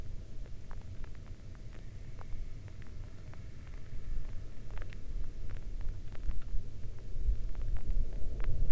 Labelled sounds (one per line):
wind
rain